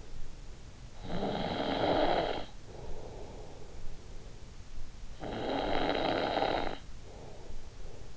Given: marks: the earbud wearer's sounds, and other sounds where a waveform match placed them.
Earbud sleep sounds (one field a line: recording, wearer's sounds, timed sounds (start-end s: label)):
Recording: sounds in sleep by an in-ear microphone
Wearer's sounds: snoring breath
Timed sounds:
0.54-3.86 s: snoring breath
4.57-8.17 s: snoring breath